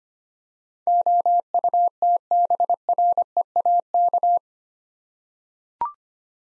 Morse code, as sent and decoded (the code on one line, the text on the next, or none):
--- ..- - -... .-. . .- -.-
OUTBREAK